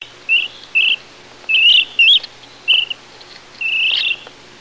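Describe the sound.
Flamingo purr calls: six short, buzzy, nasal notes at uneven intervals, the last one longer.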